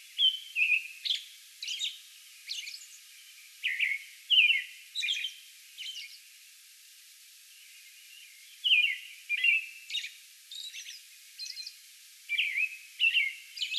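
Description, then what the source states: American robin caroling song, clusters of warbled phrases and high thin notes with short gaps between groups. Song bout recorded on May 11.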